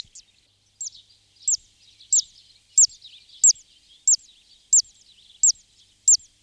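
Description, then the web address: Zitting cisticola calls: a steady series of high, arched notes, each with a softer echoing note after it, repeated about every two-thirds of a second, with faint chatter behind. "jadelmo pajaros"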